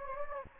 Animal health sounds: mosquito wingbeat signal from an infrared sensor; Anopheles gambiae

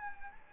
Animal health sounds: mosquito wingbeat signal from an infrared sensor; Anopheles gambiae

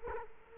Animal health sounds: mosquito wingbeat signal from an infrared sensor; Culex quinquefasciatus

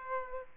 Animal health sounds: mosquito wingbeat signal from an infrared sensor; Aedes aegypti

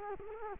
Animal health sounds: mosquito wingbeat signal from an infrared sensor; Culex quinquefasciatus

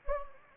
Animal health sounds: mosquito wingbeat signal from an infrared sensor; Anopheles gambiae

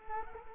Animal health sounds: mosquito wingbeat signal from an infrared sensor; Culex quinquefasciatus

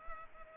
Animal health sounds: mosquito wingbeat signal from an infrared sensor; Culex pipiens

